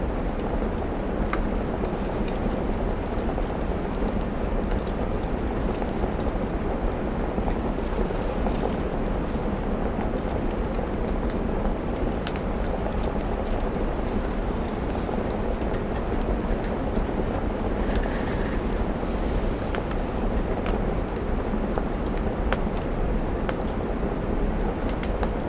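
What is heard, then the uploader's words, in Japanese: A soft autumn rain falls steadily against a window, a dense, even patter that never lets up across the clip. Gentle wind adds a low, rounded rumble underneath, and scattered small crackles and taps flick through at irregular moments. 秋の窓の雨。こっくりとしたはじける暖炉と、柔らかい秋の雨と、窓を優しく打つ風。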